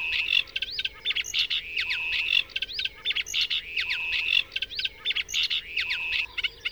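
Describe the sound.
Bird song: dense, rapid chirps and trills with short whistled phrases and upslurred notes, bursts repeating about every two seconds.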